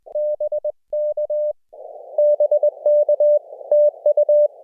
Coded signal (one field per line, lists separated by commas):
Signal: Morse code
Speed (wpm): 21 wpm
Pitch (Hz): 600 Hz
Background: none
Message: BK BK TU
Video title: EFHW MIGHT be an Acceptable POTA Antenna Now - 5/8/23 @ K-4451